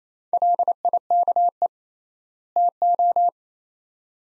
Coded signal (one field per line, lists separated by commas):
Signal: Morse code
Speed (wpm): 28 wpm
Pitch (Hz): 700 Hz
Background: none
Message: LIKE TO